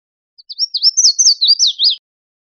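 Red-faced warbler singing a brisk, high phrase of looping, up-and-down slurred notes that ends abruptly, in otherwise silent surroundings.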